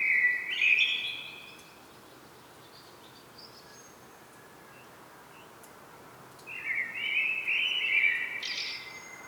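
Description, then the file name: Common blackbird singing two mellow fluted phrases, each ending in a higher squeaky flourish, separated by a quiet pause of several seconds. "Turdus merula"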